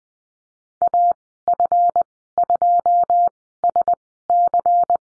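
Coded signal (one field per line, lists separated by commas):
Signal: Morse code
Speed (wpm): 20 wpm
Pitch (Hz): 700 Hz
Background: none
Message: AF2SC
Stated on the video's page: Morse course lesson on the number 9 and call signs, Farnsworth spacing at 20/10 wpm.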